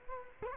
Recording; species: mosquito wingbeat signal from an infrared sensor; Culex quinquefasciatus